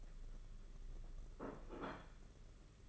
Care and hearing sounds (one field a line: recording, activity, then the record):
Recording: daily activity, microphone in the room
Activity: place plate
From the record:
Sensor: 4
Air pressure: 992.6 hPa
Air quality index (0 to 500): 135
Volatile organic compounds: 57 ppm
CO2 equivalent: 3386 ppm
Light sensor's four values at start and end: 19/65/24/25 and 19/65/24/25